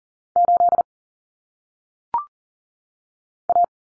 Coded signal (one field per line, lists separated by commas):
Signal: Morse code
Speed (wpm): 39 wpm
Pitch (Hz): 700 Hz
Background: none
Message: 8 A